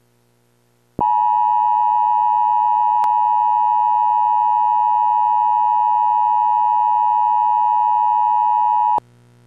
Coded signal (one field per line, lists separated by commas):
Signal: Emergency Alert System (SAME) tones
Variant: 853 and 960 Hz attention tone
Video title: EAS severe t'storm warning for va.